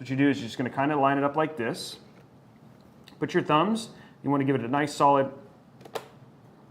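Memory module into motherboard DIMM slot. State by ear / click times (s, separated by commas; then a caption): seated / 5.9 s, 6.0 s. Someone talks while lining up a DDR5 memory module over a motherboard DIMM slot and pressing it down firmly with both thumbs. The slot latches click at 5.9 s and 6.0 s as the module seats.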